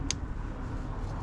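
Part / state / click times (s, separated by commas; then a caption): wiring harness connector onto ignition coil / seated / 0.1 s. On a Honda BF 75/80/90/100 outboard during a spark plug change, with the coil retaining bolt refitted, the plastic wiring harness connector is pushed onto the ignition coil. A single sharp click sounds at 0.1 s over a steady low background rumble. The connector seats.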